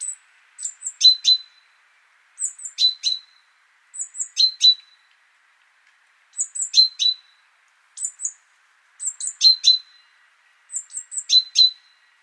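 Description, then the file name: Great tit calls in short bursts: high thin notes and sharp ticks repeated about every one and a half to two seconds, with a faint steady hiss underneath. "Parus major"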